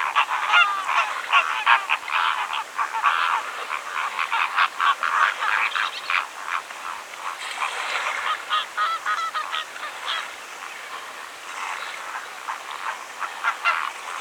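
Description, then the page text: Greater flamingos calling as a flock, a dense chatter of overlapping nasal honks and grunts repeated rapidly and irregularly throughout. "Greater Flamingo Calls. Quick Sounds"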